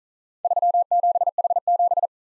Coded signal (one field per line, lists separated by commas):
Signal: Morse code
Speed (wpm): 41 wpm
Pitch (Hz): 700 Hz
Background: none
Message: 37H7